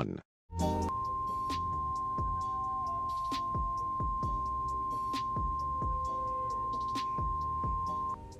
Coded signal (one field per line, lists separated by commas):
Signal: Emergency Alert System (SAME) tones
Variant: 1050 Hz attention tone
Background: music